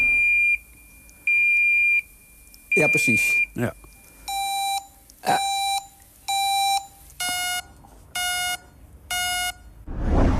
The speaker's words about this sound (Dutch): Maar eigenlijk blijven het allemaal synthetische, computerachtige piepjes.